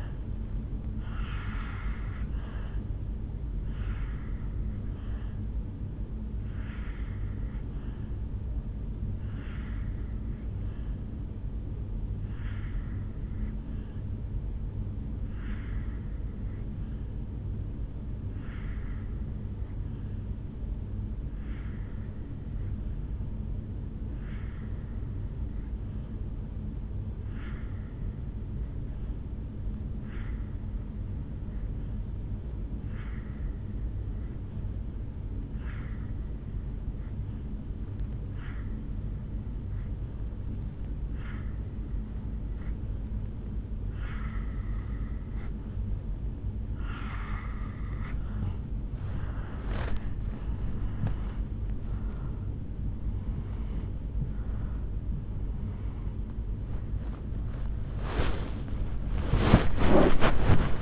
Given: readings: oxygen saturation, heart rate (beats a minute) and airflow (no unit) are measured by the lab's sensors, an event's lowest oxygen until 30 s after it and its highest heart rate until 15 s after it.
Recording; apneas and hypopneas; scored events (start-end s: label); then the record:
breathing in sleep by a smartphone at the bedside; 1
10.00-48.10 s: obstructive apnea (N2, oxygen 95% highest, then 82% lowest, heart rate 59 at the start, 74 highest)
24.00-54.00 s: new sleep stage, N3 (deep sleep)
54.00-60.82 s: new sleep stage, awake
55.00-60.82 s: awake
From the record:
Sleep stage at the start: N2 (light sleep); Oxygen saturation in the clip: 83 to 95%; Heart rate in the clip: 53 to 74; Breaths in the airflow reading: 6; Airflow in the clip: -9.7 to 9.1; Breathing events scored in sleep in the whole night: 449 in 7.0 hours asleep